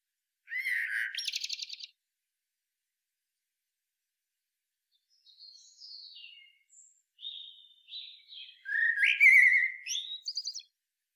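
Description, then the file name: Eurasian blackbird song: a short phrase ending in a buzzy twitter, a long pause, then quiet high notes building into a loud warbled phrase with squeaky trills. "Turdus merula"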